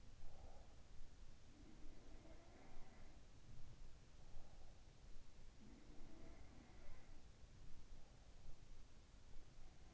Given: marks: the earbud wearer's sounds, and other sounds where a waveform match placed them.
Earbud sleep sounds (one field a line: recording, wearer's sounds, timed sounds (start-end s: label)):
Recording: sounds in sleep by an in-ear microphone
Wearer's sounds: breath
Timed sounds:
0.00-0.93 s: breath
1.54-4.75 s: sound from someone else or the room
5.56-8.09 s: sound from someone else or the room